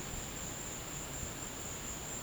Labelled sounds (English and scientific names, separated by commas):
none